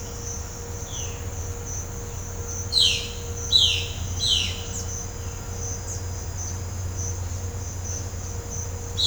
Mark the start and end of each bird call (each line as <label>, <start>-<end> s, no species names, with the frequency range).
bird call (2.4-4.9 kHz), 2.56-4.66 s